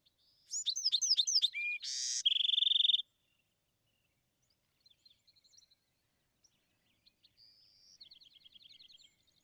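Bewick's wren song of rapid slurred whistles, a short buzz and a bright even trill, followed by several seconds of faint scattered notes and a soft trill.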